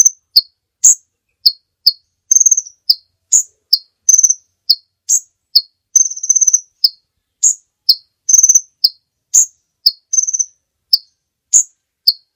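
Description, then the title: Bird giving short high chirped notes and brief trills in a steady series, with nothing else heard between them. Master song used for training birds. "Master Burung Jos"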